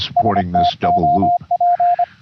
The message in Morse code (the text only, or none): STOP